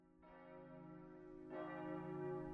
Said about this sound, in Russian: В городе зазвенели колокола часовни, созывая верующих на молебен.